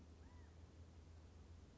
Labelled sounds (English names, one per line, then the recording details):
California Quail
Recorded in Sonoma County, California